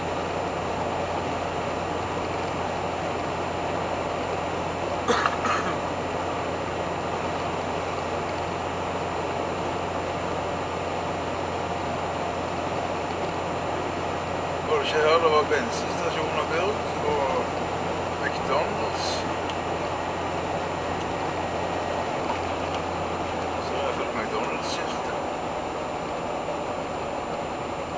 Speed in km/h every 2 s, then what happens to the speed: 79, 78, 79, 79, 79, 79, 80, 79, 79, 79, 79, 78, 73, 69.
0-21 steady at about 79. 21-28 slows to 69.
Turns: none.